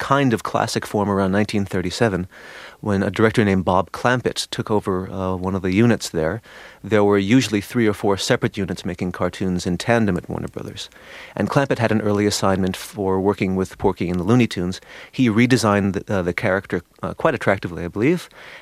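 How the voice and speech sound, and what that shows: A man speaks fluently and clearly in a low, steady voice, with ordinary pauses and no speech disorder.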